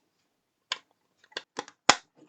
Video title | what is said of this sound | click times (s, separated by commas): 🔥 Build the Ultimate Power Rangers Megazord! Stages 37-44 – Pterodactyl Body with Working Lights! 🦖⚡ | And it should snap into place just like that. So, there we go. | 1.9 s